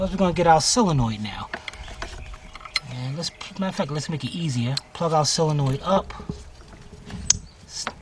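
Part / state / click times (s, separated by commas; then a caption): electrical connector onto starter solenoid / seated / 7.3 s. An electrical connector is plugged onto a starter solenoid and pushed on until it seats with a sharp click at 7.3 s. Someone talks through most of the clip, and there are a few small handling taps and knocks before the click.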